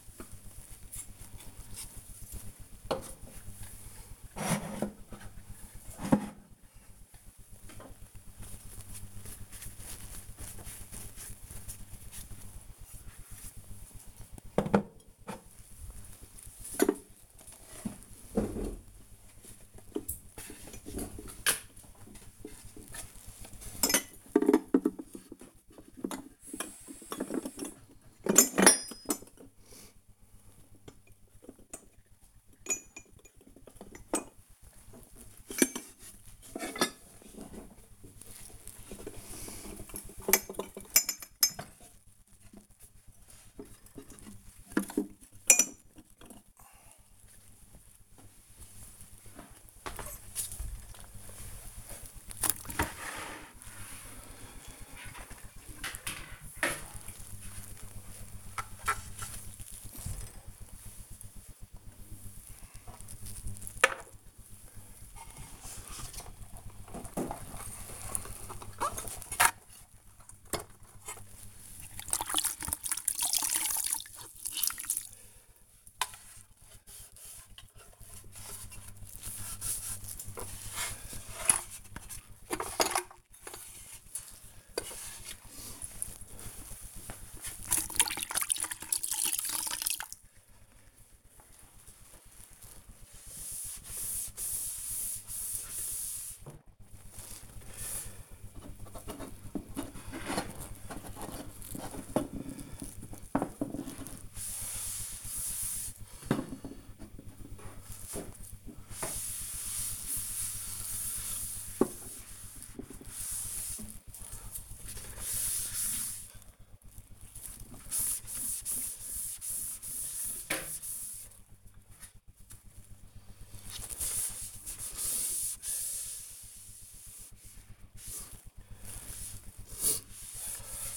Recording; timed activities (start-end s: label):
household activities, microphone on the right wrist
0.00-96.71 s: cleaning the cupboard
72.53 s: note: many glasses in cupboard
99.74-130.97 s: cleaning the cupboard